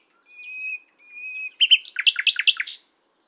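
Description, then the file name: Common nightingale song: two soft drawn-out whistles followed by a fast burst of loud, varied chirps and rattling notes. "Luscinia megarhynchos"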